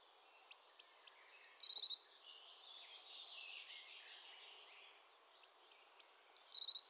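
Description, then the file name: Eurasian blue tit: very high thin notes followed by a short tumbling series of falling notes, the whole phrase given twice about five seconds apart, other birds faintly behind. "Cyanistes caeruleus"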